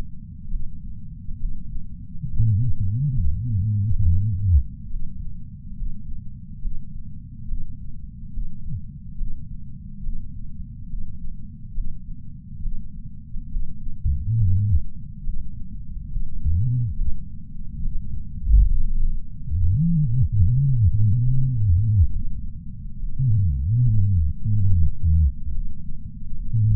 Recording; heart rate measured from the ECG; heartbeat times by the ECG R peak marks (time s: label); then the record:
heart sounds by patch sensor on the chest; 70 bpm
0.49 s: heartbeat
1.39 s: heartbeat
2.26 s: heartbeat
3.13 s: heartbeat
4.01 s: heartbeat
4.89 s: heartbeat
5.76 s: heartbeat
6.60 s: heartbeat
7.47 s: heartbeat
8.32 s: heartbeat
9.16 s: heartbeat
10.02 s: heartbeat
10.88 s: heartbeat
11.73 s: heartbeat
12.61 s: heartbeat
13.50 s: heartbeat
14.36 s: heartbeat
15.23 s: heartbeat
16.10 s: heartbeat
16.95 s: heartbeat
17.81 s: heartbeat
18.68 s: heartbeat
19.51 s: heartbeat
20.36 s: heartbeat
21.23 s: heartbeat
22.11 s: heartbeat
22.98 s: heartbeat
23.83 s: heartbeat
24.68 s: heartbeat
25.52 s: heartbeat
26.35 s: heartbeat
From the record:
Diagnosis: coronary artery disease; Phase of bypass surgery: preoperative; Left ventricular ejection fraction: 61.7%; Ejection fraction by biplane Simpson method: 55%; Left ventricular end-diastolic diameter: 51 mm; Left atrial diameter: 36 mm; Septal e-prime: 7.9 cm/s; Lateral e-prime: 10.3 cm/s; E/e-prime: 9.8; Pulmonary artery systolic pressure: 23 mmHg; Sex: male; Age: 58 years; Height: 160 cm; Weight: 70 kg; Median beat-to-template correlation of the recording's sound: 0.83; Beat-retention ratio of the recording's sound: 0.99